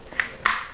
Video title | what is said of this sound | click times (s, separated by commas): Rockwell Labs Tech Tips: Foamer Simpson 101 | so all you have to really do is turn that one click and you'll hear it depressurize turn it back and you're ready to go | 0.5 s